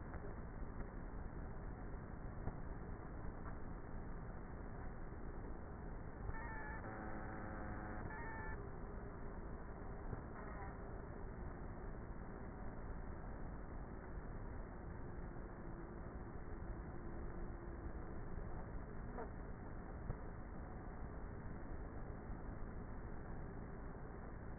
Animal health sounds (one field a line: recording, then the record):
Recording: honeybee colony, microphone inside the hive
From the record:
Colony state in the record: queenless with a low population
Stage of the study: before two queens were removed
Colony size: about 30,000 bees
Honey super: no